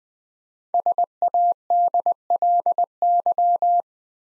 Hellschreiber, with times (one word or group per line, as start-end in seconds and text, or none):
none